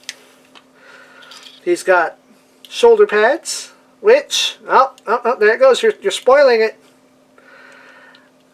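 A plastic part of an SD Gundam model kit is pushed into the model's head socket and seats with a sharp, short click at 0.1 s. After a few faint ticks, someone talks, and a quieter hum sits under the speech.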